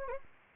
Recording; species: mosquito wingbeat signal from an infrared sensor; Anopheles arabiensis